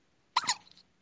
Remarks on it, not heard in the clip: The little pop noise? She's got the hiccups. She's had the hiccups for like 15 minutes. She's just been in my lap.